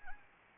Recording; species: mosquito wingbeat signal from an infrared sensor; Anopheles arabiensis